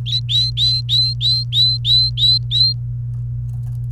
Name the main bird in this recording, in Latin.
Serinus canaria